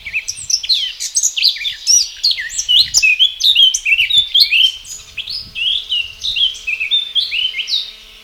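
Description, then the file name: Eurasian blackcap singing a continuous, varied warble of quick high twitters and chirps, with a faint hum in the second half. "Sylvia atricapilla"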